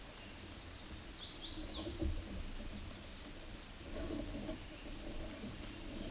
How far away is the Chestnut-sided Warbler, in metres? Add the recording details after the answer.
about 40 m. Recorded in a Pennsylvania forest on 18 May 2023 at 07:58. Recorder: AudioMoth, point grid1_24_low. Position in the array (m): 132 m, 204 m